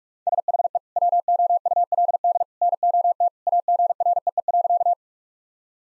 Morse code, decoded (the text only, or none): SHE WOULD NOT AGREE.